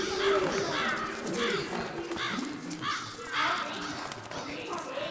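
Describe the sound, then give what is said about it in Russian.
Several crows caw in harsh, overlapping bursts as they take flight against a steady rushing background, the raspy calls repeating irregularly for several seconds. “А затем каждая фигура рассыпалась на сотни осколков, превращающихся в ворон, и они взлетели ввысь.”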